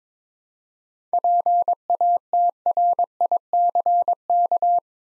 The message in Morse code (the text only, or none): PATRICK